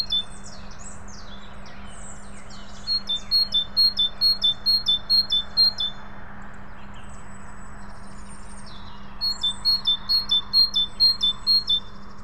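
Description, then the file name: Great tit song: after some scattered chirps, two series of clear repeated two-note phrases, with a steady low hum behind. "Parus major"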